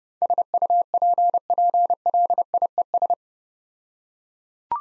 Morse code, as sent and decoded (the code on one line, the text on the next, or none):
... ..- .--. .--. .-.. .. . ...
SUPPLIES